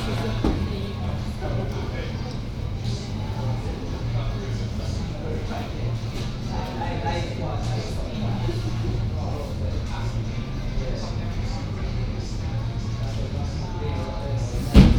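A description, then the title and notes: Sitting outside beside an entrance facing Lincoln College, voices murmur and talk steadily over a constant low rumble, with occasional brief knocks and footsteps. Near the very end a sharp thud rings out, like a door slamming shut. Sitting outside, just to the right of the entrance, facing Lincoln College.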